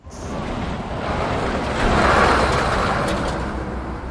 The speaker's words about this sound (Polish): Ta ciężarówka jedzie w kierunku granicy gruzińsko-rosyjskiej, granicy z Federacją Rosyjską, która jest tuż obok, bo 12 kilometrów raptem od Stepantsmindy. To miasteczko znane też jest pod wcześniejszą nazwą Kazbegi.